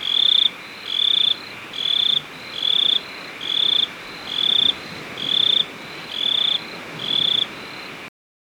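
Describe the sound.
Cricket call: a regular series of short, high, pulsing chirps, about one each second, over constant background hiss.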